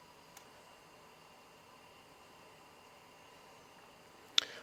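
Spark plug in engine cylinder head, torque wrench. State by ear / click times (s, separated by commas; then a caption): torque reached / 4.4 s. A new spark plug is tightened into the cylinder head of a 1999 Ford Windstar engine with a torque wrench. After a faint tick at 0.4 s and a steady low hum, the wrench gives a sharp, loud click at 4.4 s, followed by a brief rattle. The plug is torqued to its setting.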